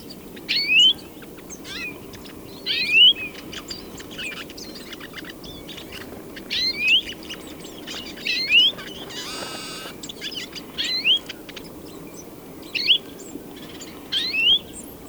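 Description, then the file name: European greenfinch giving thin rising whistled calls every few seconds, mixed with faint chips; a brief rasping noise near the middle; low background hum. "Chloris chloris"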